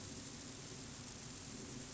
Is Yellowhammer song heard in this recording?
no